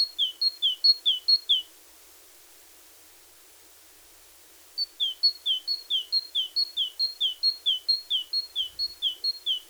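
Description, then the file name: Great tit song: a bout of quick two-note phrases, a few seconds of silence, then a longer rhythmic run of the same high-low notes. "Parus major"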